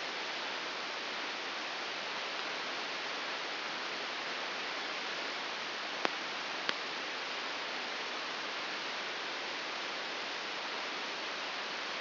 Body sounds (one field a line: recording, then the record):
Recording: brain microelectrode recording played as sound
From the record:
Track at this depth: inside the subthalamic nucleus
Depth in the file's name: 4.208 mm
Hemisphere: right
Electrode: 3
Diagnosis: Parkinson's disease